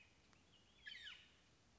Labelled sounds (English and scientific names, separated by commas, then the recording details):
Olive-sided Flycatcher (Contopus cooperi)
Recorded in Sonoma County, California